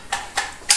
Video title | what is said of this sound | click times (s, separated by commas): Gun Safety (AR-15, rifle, handgun) | you load it in so it clicks right in | 0.7 s